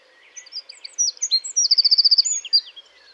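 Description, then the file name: Eurasian wren singing a brisk, high-pitched burst of twittering notes that runs into a fast, evenly pulsed trill before ending in a few sharp chips. "Troglodytes troglodytes"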